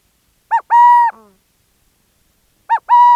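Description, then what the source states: Owl hooting: a short arched note followed by a long, steady, clear tone, the pair repeated about two seconds later. In Arizona.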